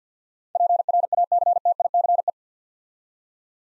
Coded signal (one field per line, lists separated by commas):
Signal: Morse code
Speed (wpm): 50 wpm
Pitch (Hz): 700 Hz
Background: none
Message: PRACTICE